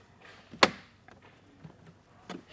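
A plastic interior trim panel on a 2025 Chevrolet Silverado dash is pushed back onto its clips after wires are tucked behind it, for a Roadmaster flat tow brake system battery disconnect install. A sharp snap at 0.6 s marks the panel seating, followed by a few faint knocks and a soft rustle near the end. The panel is seated back in place.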